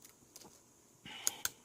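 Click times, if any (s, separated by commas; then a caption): 1.3 s, 1.4 s. After a new Air Force SP2 survival knife is slid into its sheath, the sheath's retention strap snap closure is fastened over the handle, with a soft rustle first. Two sharp snap clicks sound at 1.3 s and 1.5 s as the retention snaps lock shut. The secondary snap keeps the knife from falling out even if a branch snags and undoes the strap.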